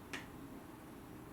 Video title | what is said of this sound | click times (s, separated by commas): First Time Assembly of Rumble Tuff Breast Pump Kit | if you listen you'll hear a click did you hear that | 0.1 s